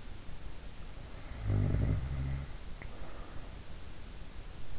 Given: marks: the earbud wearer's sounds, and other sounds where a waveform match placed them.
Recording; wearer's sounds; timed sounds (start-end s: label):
sounds in sleep by an in-ear microphone; snoring breath
1.05-3.68 s: snoring breath